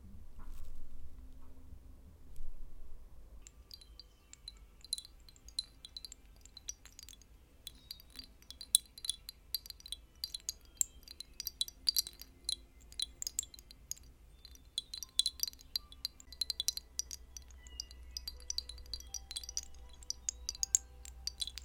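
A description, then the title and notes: Wind chimes tinkle almost constantly in bright, high, overlapping strikes, with busier flurries from about 8 to 17 seconds and again near the end. A steady low rumble, like wind or traffic, runs underneath throughout, with a brief soft sound at the very start. Chilling Chimes.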